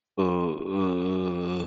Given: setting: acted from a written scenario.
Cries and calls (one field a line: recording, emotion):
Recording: vocal sound without words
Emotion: confusion